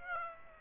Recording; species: mosquito wingbeat signal from an infrared sensor; Aedes aegypti